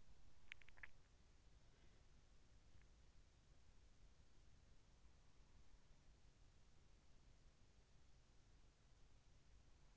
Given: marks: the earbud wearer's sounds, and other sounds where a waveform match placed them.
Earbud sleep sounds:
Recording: sounds in sleep by an in-ear microphone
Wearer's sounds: swallowing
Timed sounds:
0.00-0.91 s: swallowing

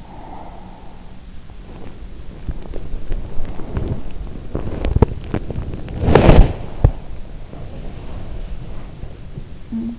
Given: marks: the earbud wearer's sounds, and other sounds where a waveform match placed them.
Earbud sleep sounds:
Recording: sounds in sleep by an in-ear microphone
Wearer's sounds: breath, body movement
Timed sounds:
0.00-1.31 s: breath
1.55-6.92 s: body movement
7.45-9.26 s: breath
9.66-9.99 s: sound from someone else or the room

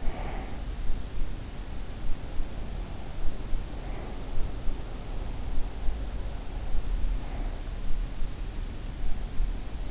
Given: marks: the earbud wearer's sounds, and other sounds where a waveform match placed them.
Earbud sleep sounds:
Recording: sounds in sleep by an in-ear microphone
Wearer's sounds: breath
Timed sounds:
0.00-0.69 s: breath

